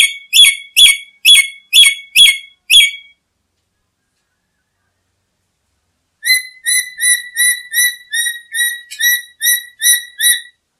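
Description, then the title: Black-capped lory calls: seven loud, harsh notes in quick succession, silence for several seconds, then a longer series of about a dozen rapid notes. "Nuri merah kepala hitam"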